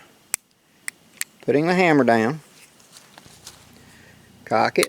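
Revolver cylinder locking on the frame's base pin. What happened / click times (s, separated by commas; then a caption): The metal part is being handled but has not yet locked into place / none. A swapped-in .36 caliber cylinder is handled on a cap-and-ball revolver's base pin. Sharp clicks come at 0.3, 0.9 and 1.2 seconds, someone talks, and fainter handling noises follow. The hammer is being lowered, but the cylinder has not locked in place and nothing has clicked home yet.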